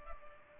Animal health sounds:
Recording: mosquito wingbeat signal from an infrared sensor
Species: Culex pipiens

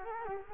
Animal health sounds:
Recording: mosquito wingbeat signal from an infrared sensor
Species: Culex quinquefasciatus

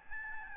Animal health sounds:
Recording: mosquito wingbeat signal from an infrared sensor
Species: Aedes albopictus

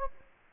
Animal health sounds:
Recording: mosquito wingbeat signal from an infrared sensor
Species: Anopheles gambiae

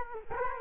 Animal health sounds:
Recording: mosquito wingbeat signal from an infrared sensor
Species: Culex quinquefasciatus

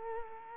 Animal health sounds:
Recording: mosquito wingbeat signal from an infrared sensor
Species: Culex quinquefasciatus

